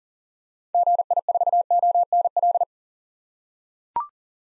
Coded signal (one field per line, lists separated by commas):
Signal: Morse code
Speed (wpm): 40 wpm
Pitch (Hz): 700 Hz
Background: none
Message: GI4ONL